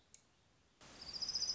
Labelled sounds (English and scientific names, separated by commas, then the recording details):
Orange-crowned Warbler (Leiothlypis celata)
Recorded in Sonoma County, California